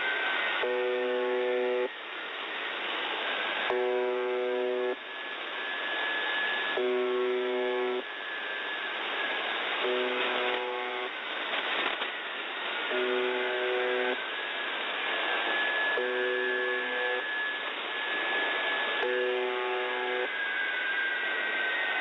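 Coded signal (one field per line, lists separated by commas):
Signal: channel marker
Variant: UVB-76 (The Buzzer)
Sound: seven low, harsh buzzes about every three seconds, with faint whale-like gliding tones behind them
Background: radio static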